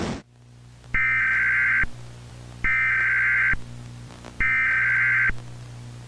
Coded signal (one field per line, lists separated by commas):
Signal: Emergency Alert System (SAME) tones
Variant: header bursts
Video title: EAS Scenario - Matt Walsh Escapes The Virgin Realm